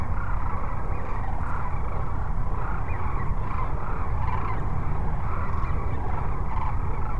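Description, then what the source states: Sandhill crane chorus with several distinct rolling bugles rising out of the mass, over a heavy low drone. Several cranes at Cochise Lakes on 30 January 2019.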